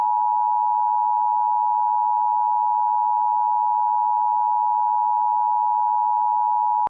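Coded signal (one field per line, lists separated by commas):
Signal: Emergency Alert System (SAME) tones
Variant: 853 and 960 Hz attention tone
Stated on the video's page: Fictional EAS scenario about a chemical release shelter-in-place during extreme heat; not a real alert.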